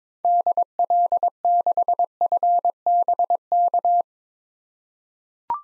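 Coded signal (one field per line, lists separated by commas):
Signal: Morse code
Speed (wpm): 22 wpm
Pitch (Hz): 700 Hz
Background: none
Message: DL6FBK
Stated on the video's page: Morse drill of common SOTA activator call signs at 22 wpm for head-copy practice.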